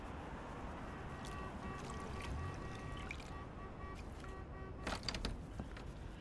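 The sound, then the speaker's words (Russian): Steady running water splashes continuously while a woman washes dishes at home, with scattered clinks and knocks of crockery, including a louder cluster of clatter toward the end. “Анна моет дома посуду.”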